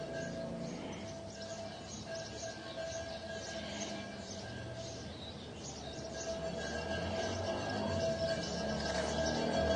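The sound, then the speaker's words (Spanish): Birds chirp and twitter continuously over a steady droning hum, the high calls layered thickly and growing slightly louder toward the end, with no voices. “Vamos a procurar concentrarse en estos ruidos de aquí internos. De las benditas aves.”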